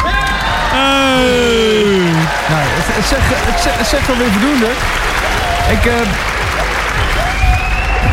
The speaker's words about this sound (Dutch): Lang applaus.